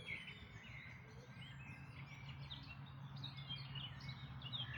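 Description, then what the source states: Birds singing together, a jumble of faint high chirps and short whistles from several birds above a constant low hum and background noise. Dawn chorus recorded in May 2026.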